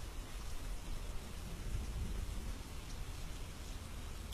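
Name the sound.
rain falling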